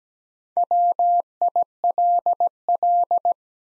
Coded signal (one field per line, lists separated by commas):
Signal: Morse code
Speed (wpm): 17 wpm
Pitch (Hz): 700 Hz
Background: none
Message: WILL